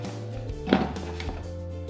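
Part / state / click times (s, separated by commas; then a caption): water pitcher onto machine base / seated / 0.7 s. A plastic water pitcher is pressed and turned onto the base of a Vitalizer Plus machine until its tab locks against the base's protruding plastic lock piece. A sharp thunk is heard at 0.7 s over a steady low tonal background. The pitcher is seated and locked in place.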